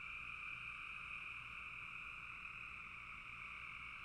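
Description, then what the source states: Frog chorus, continuous and buzzy, with many overlapping callers forming a constant high-pitched drone throughout. Frogs calling in a bog.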